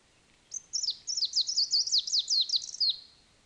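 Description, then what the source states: Greenish warbler song: one rapid, high, jumbled phrase of short down-slurred notes lasting about two and a half seconds, then silence. Subspecies viridanus; song.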